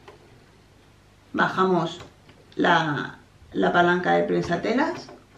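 A presser foot is placed under its holder on a sewing machine while the presser-foot lever is being lowered, so the metal shank can latch onto the foot's pin. Someone talks throughout, and a faint tick is heard near the start. The clip ends before the foot goes home, and nothing has seated or clicked yet.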